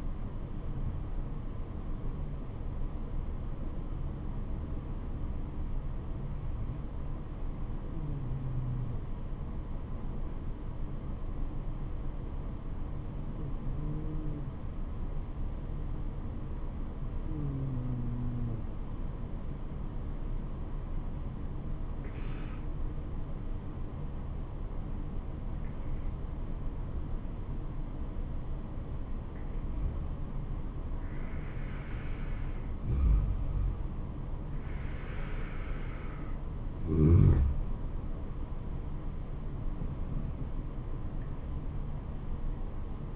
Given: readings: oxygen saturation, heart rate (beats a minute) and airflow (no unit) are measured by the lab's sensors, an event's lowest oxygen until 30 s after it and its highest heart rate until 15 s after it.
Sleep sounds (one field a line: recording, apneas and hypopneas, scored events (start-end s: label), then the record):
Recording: breathing in sleep by a smartphone at the bedside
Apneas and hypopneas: 1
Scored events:
9.00-31.90 s: obstructive apnea (N2, oxygen 97% highest, then 91% lowest, heart rate 74 at the start, 77 highest)
From the record:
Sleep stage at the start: N2 (light sleep)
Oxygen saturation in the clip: 91 to 97%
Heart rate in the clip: 72 to 82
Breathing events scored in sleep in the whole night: 426 in 7.4 hours asleep